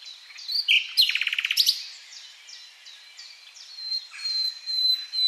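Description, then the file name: Common nightingale song: a brief rapid rattle of clicking notes, followed by soft, thin sliding whistles and a long, steady high whistle. "Luscinia megarhynchos"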